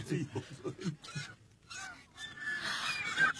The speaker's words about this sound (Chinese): 皇上，看天鹅。 天鹅落到翠微宫宫顶上了。哎呀， 他们引吭欢叫，翩翩起舞，实在是有趣啊。